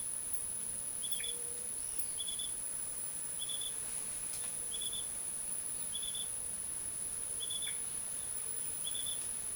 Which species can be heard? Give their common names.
none